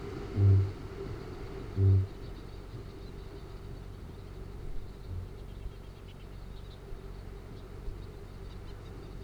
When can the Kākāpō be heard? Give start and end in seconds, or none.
0.00-2.29, 4.72-5.51